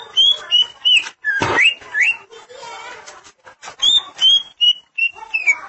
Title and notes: Suara Kicauan Burung Cucak Ijo